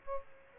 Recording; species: mosquito wingbeat signal from an infrared sensor; Aedes aegypti